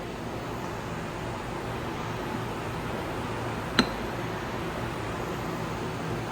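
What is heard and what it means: A second steel retaining ring is fitted over the other bearing in a Harley-Davidson transmission trap door and snapped into its groove. A single sharp metallic click at 3.8 s stands out over a steady low background noise. The ring is seated and good to go.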